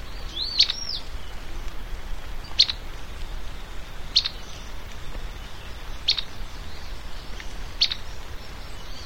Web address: cantos piojigarga